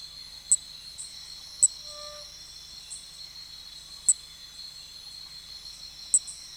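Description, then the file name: Nesobia mjobergi: a continuous high, thin drone with four abrupt clicks spread unevenly through it. "Nesobia mjobergi"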